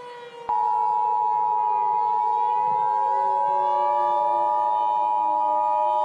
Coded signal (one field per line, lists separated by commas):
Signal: Emergency Alert System (SAME) tones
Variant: 853 and 960 Hz attention tone